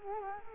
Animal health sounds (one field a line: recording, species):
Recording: mosquito wingbeat signal from an infrared sensor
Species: Culex quinquefasciatus